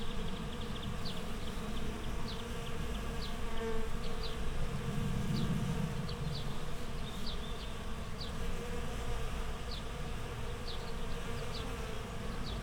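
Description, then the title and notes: Bees producing a thick, even buzzing hum, overlaid by short intermittent bird chirps spread throughout. Bees in a flowering rapeseed field, Słoneczna 9, Siemianowice Śląskie, Poland, Saturday 18 May 2019; Zoom H5 with Audio-Technica BP4025. "Słoneczna 9, 41-106 Siemianowice Śląskie, Polska - Pszczoły w rzepaku. Sobota, 18 maja 2019. Pszczoły w rzepaku. Szpaki, gołębie, kawki, samolot i piła w tle. Nagrania terenowe Siemianowic Śląskich - Dźwiękowy Portret Miasta"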